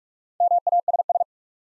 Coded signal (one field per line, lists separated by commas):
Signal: Morse code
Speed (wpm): 44 wpm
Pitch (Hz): 700 Hz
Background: none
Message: MASS